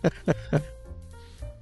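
A man coughs three short times in the background while recovering from a cold, the cough still lingering.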